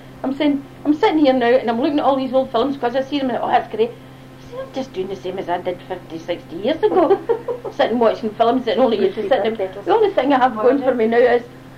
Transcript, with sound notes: I'm saying, I'm sitting here now, and I'm looking at all these old films 'cause I see them, and "That's great, I'm just doing the same as I was doing fifty, sixty years ago! [all laugh] Sitting watching films.
I'll just see if the kettle--
The only thing I have going for me now is,